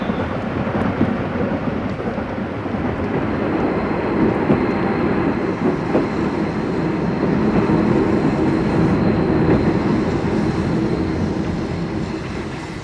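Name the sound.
train pulling into station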